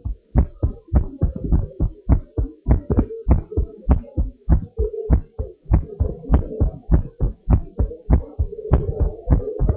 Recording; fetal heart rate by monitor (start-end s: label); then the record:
heart sounds of a pregnant woman by stethoscope
no fetal heartbeat
From the record:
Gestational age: 36 weeks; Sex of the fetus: boy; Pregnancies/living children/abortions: 1/0/0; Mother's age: 23 years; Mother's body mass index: 22.6